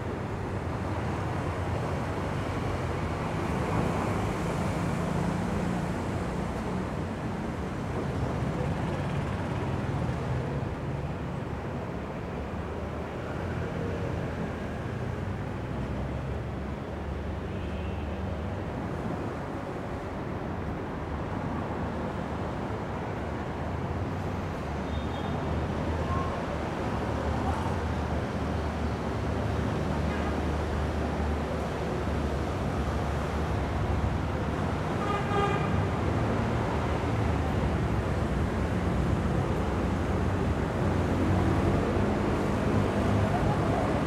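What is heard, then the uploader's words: City traffic rumbles continuously, a dense low roar of engines and tires that holds steady throughout with no real pauses. Brief brighter tones and faint voices surface now and then, notably around the middle and near the end, over the constant wash of passing vehicles. This soundscape features a full hour of city traffic.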